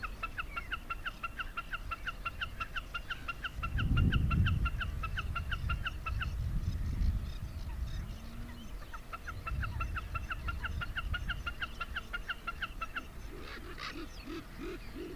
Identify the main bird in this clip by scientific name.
Gallinago gallinago